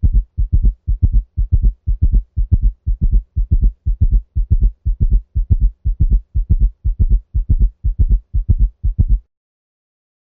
When both S3 and S4 are present and the heart rate accelerates, they may come together in diastole to be heard as a single sound, known as a summation sound or summation gallop. This occurs commonly in cats with heart disease that have both an S3 and an S4. Summation gallop recorded from a cat with hypertrophic cardiomyopathy.